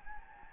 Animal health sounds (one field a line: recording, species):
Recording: mosquito wingbeat signal from an infrared sensor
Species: Anopheles gambiae